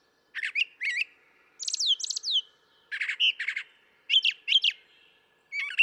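Brown thrasher song: varied phrases, mostly doubled, each note shape given twice before switching, with harsh buzzy and clear whistled notes.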